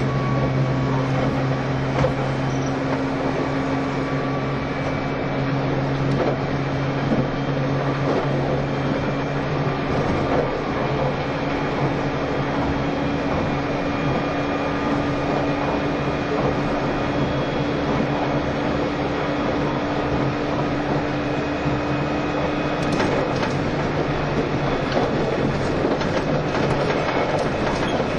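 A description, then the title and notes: A train runs steadily: a dense, constant rumble with a low, droning hum and a faint higher whine layered above. Irregular clicks and rattles of the wheels recur throughout, with a sharper clack near the end. E351系 Sあずさ18号. 松本～新宿. 2018年で全車引退したJR東日本唯一の振り子式車両であったE351系です。 速達運用だった＂スーパーあずさ18号＂の列車走行音(静止画)です。 Train running sound.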